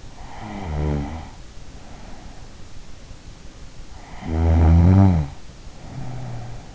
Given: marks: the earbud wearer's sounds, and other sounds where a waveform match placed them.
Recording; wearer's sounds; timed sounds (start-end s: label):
sounds in sleep by an in-ear microphone; snoring breath
0.06-1.88 s: snoring breath
4.22-6.75 s: snoring breath